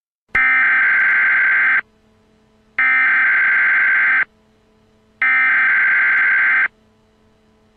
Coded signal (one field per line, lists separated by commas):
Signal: Emergency Alert System (SAME) tones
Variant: header bursts